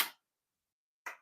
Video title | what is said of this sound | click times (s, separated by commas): Tuumiist Cold Press Juicer Review Set up and Clean up | And you hear the clicking sound when it's locked. | 0.0 s, 1.1 s